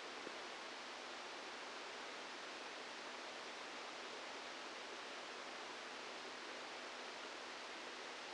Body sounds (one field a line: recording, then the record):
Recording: brain microelectrode recording played as sound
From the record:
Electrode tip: inside the subthalamic nucleus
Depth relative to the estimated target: 0 mm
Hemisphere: left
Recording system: NeuroSet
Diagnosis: Parkinson's disease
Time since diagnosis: 12 years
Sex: male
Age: 61 years